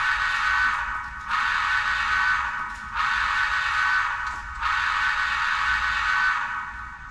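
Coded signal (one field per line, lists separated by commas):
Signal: train horn signal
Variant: steam locomotive whistle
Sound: four long breathy steam-whistle blasts with short gaps, the last running to the end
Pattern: 4 long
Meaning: Four or five long blasts recall the flagman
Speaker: when you're ready to recall your flagman depending on which side of the train he is uh it would be four or five long blasts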